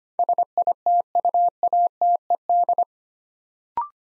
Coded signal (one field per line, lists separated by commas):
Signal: Morse code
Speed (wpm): 25 wpm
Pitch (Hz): 700 Hz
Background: none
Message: SITUATED